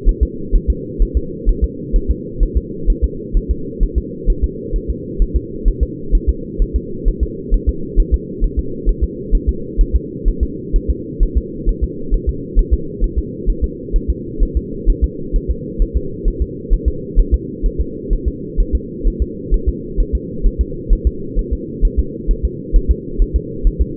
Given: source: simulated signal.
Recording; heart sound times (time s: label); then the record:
fetal heart sounds
0.09 s: S1
0.23 s: S2
0.56 s: S1
0.70 s: S2
1.02 s: S1
1.17 s: S2
1.49 s: S1
1.64 s: S2
1.96 s: S1
2.10 s: S2
2.43 s: S1
2.57 s: S2
2.90 s: S1
3.04 s: S2
3.37 s: S1
3.51 s: S2
3.83 s: S1
3.98 s: S2
4.30 s: S1
4.44 s: S2
4.76 s: S1
4.90 s: S2
5.22 s: S1
5.36 s: S2
5.68 s: S1
5.83 s: S2
6.15 s: S1
6.29 s: S2
6.62 s: S1
6.76 s: S2
7.08 s: S1
7.23 s: S2
7.54 s: S1
7.69 s: S2
8.00 s: S1
8.14 s: S2
8.44 s: S1
8.59 s: S2
8.89 s: S1
9.04 s: S2
9.35 s: S1
9.49 s: S2
9.81 s: S1
9.96 s: S2
10.28 s: S1
10.43 s: S2
10.76 s: S1
10.90 s: S2
11.23 s: S1
11.37 s: S2
11.69 s: S1
11.84 s: S2
12.14 s: S1
12.29 s: S2
12.59 s: S1
12.74 s: S2
13.04 s: S1
13.18 s: S2
13.50 s: S1
13.64 s: S2
13.96 s: S1
14.10 s: S2
14.43 s: S1
14.57 s: S2
14.90 s: S1
15.04 s: S2
15.36 s: S1
15.50 s: S2
15.82 s: S1
15.97 s: S2
16.28 s: S1
16.42 s: S2
16.73 s: S1
16.88 s: S2
17.19 s: S1
17.34 s: S2
17.66 s: S1
17.81 s: S2
18.13 s: S1
18.28 s: S2
18.60 s: S1
18.75 s: S2
19.07 s: S1
19.22 s: S2
19.54 s: S1
19.69 s: S2
20.00 s: S1
20.15 s: S2
20.47 s: S1
20.61 s: S2
20.93 s: S1
21.07 s: S2
21.39 s: S1
21.53 s: S2
21.85 s: S1
21.99 s: S2
22.31 s: S1
22.45 s: S2
22.76 s: S1
22.91 s: S2
23.22 s: S1
23.36 s: S2
23.67 s: S1
23.81 s: S2
From the record:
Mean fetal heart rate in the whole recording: 130 bpm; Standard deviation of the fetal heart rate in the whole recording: 4 bpm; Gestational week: 38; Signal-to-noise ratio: -4.3 dB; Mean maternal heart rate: 72 bpm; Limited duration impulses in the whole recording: absent